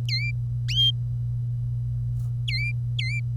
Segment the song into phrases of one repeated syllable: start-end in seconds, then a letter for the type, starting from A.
0.09-0.30 A, 2.47-2.72 A, 2.98-3.20 A